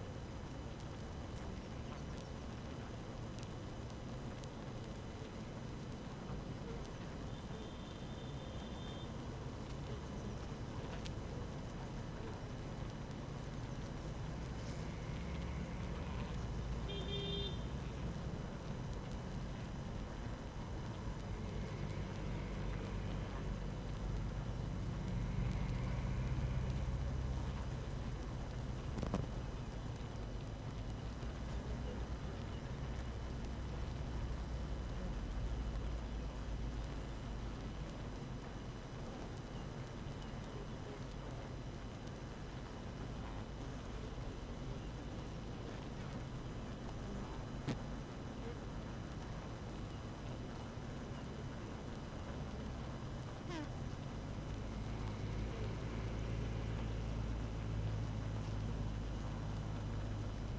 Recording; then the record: honeybee colony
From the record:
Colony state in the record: active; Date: 12 June 2018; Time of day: 6:18